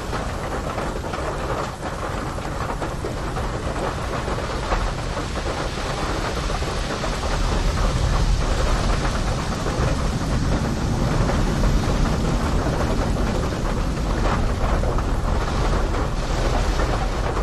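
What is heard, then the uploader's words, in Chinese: Rain falls steadily, a dense hiss of drops pattering on the ground with no pauses. A low rumble runs underneath throughout, and the downpour grows slightly heavier and louder from about eight seconds on, holding that level to the end. 滴答落地雨声。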